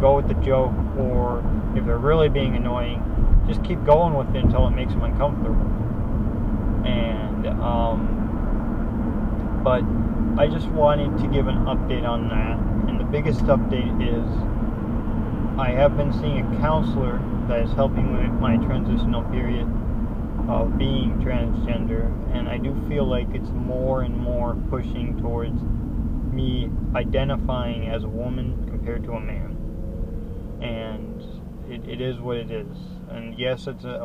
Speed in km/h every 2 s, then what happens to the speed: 72, 72, 72, 69, 68, 66, 64, 66, 61, 58, 52, 40, 32, 23, 11, 0, 0.
0-14 steady at about 68. 14-30 brakes to 0. 30-34 standing.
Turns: none.